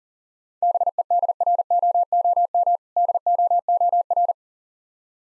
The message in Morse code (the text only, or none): BEDROOM DOOR